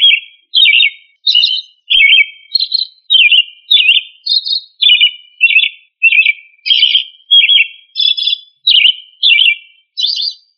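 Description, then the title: Thrush singing: a steady run of short, varied whistled phrases, each under half a second, coming almost twice a second, with no other sounds. Family Turdidae; local name sabiá. "Familia Turdidae - Sabia"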